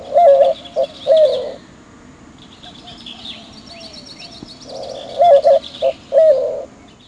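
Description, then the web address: White-winged Dove giving a rhythmic cooing phrase of low hooted notes, heard twice in the span, with thin twittering of other birds in the background. "Peterson North American Birds. wwdo"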